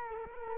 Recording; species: mosquito wingbeat signal from an infrared sensor; Culex quinquefasciatus